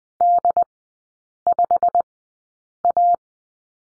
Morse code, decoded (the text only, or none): D5A